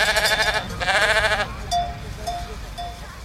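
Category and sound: animal, flock of sheep bleating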